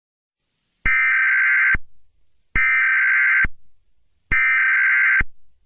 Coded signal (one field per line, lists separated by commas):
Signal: Emergency Alert System (SAME) tones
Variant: header bursts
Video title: EAS Scenario #13 (SPOOKY NUMBER): NO EYES ON ME!